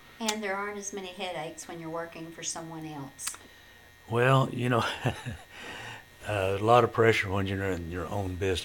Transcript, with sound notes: And there aren't as many headaches when you're working for someone else. (Chuckling)
a lot of pressure when you're running your own business.